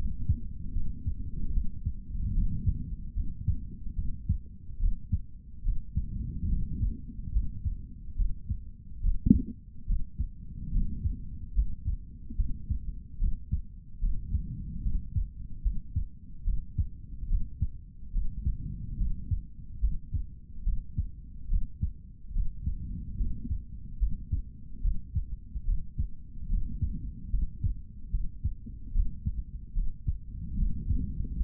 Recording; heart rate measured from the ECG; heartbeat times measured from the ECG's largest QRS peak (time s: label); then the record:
heart sounds by stethoscope; 72 bpm
0.73 s: heartbeat
1.52 s: heartbeat
2.33 s: heartbeat
3.14 s: heartbeat
3.95 s: heartbeat
4.79 s: heartbeat
5.63 s: heartbeat
6.49 s: heartbeat
7.32 s: heartbeat
8.16 s: heartbeat
9.01 s: heartbeat
9.86 s: heartbeat
10.71 s: heartbeat
11.54 s: heartbeat
12.36 s: heartbeat
13.18 s: heartbeat
14.00 s: heartbeat
14.82 s: heartbeat
15.62 s: heartbeat
16.44 s: heartbeat
17.27 s: heartbeat
18.12 s: heartbeat
18.97 s: heartbeat
19.80 s: heartbeat
20.64 s: heartbeat
21.48 s: heartbeat
22.33 s: heartbeat
23.17 s: heartbeat
23.99 s: heartbeat
24.81 s: heartbeat
25.65 s: heartbeat
26.48 s: heartbeat
27.30 s: heartbeat
28.11 s: heartbeat
28.92 s: heartbeat
29.74 s: heartbeat
30.56 s: heartbeat
31.37 s: heartbeat
From the record:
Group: healthy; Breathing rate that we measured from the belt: 15 breaths a minute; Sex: male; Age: 55 years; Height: 167 cm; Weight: 57.2 kg